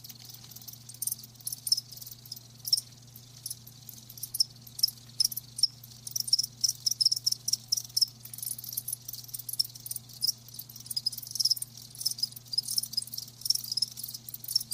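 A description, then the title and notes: Crickets chirp in a dense, high-pitched chorus of rapid pulses that runs through the whole stretch, growing busier and louder after the first few seconds. A steady low hum sits underneath the entire time, unchanging. Live Crickets Chirping. The lulling song of crickets.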